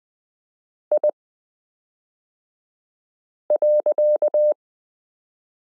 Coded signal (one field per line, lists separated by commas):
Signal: Morse code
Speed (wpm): 20 wpm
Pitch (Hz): 600 Hz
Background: none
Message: I.